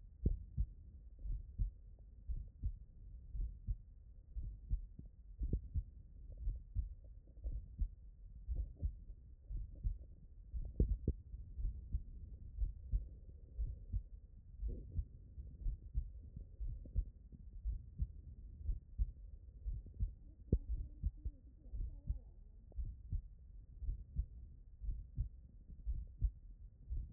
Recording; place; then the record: heart sounds by stethoscope; tricuspid valve (TV)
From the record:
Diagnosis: non-HFrEF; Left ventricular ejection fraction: 56%